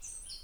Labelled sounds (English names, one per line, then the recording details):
Stitchbird song
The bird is a male
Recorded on Tiritiri Matangi Island, New Zealand, in 2005
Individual 4, of nest box 4